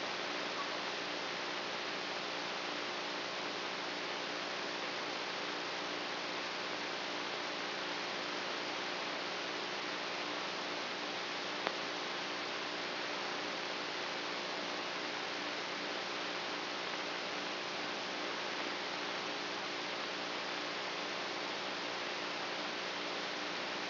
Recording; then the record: brain microelectrode recording played as sound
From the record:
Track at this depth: inside the subthalamic nucleus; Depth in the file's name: 3.004 mm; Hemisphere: right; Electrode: 3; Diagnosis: Parkinson's disease